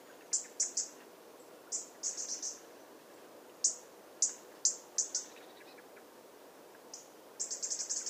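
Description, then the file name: European robin calling with sharp, high-pitched notes, single or in quick clusters, spaced unevenly across the recording over quiet background noise. "Erithacus rubecula"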